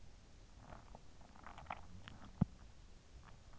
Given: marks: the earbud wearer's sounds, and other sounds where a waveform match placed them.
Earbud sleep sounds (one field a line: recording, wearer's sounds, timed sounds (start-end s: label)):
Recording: sounds in sleep by an in-ear microphone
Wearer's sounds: swallowing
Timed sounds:
0.34-2.81 s: swallowing